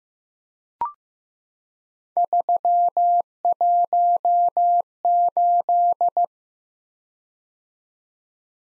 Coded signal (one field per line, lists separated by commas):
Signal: Morse code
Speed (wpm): 15 wpm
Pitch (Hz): 700 Hz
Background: none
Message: 318